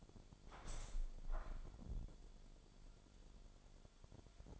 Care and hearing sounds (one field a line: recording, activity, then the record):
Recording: daily activity, microphone in the room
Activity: open window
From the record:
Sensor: 5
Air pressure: 1006.5 hPa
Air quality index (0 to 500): 182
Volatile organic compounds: 5 ppm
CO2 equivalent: 1731 ppm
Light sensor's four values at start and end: 57/161/63/64 and 57/161/63/64